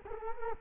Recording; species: mosquito wingbeat signal from an infrared sensor; Culex quinquefasciatus